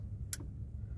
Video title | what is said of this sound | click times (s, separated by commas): 2014 Hyundai Sonata Korean Spec Crankshaft Position Sensor Location & Replacement (Full DIY Guide) | And that's the click. And that's how you know it's connected. | 0.3 s